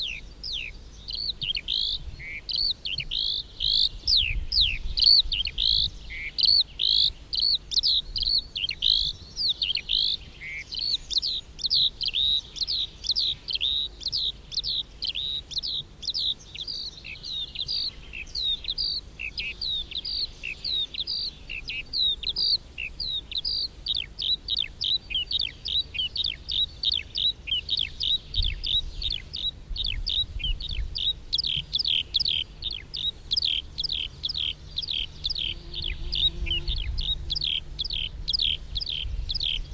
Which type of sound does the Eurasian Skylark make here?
flight song